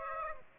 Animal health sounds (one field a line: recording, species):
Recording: mosquito wingbeat signal from an infrared sensor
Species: Aedes aegypti